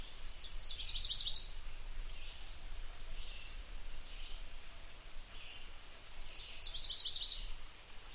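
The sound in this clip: American redstart song: a quick series of very high, thin notes ending in an accented slurred flourish, given twice about six seconds apart over soft background hiss.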